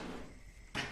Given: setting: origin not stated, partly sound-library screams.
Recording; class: one-second piece from a danger detection set; normal situation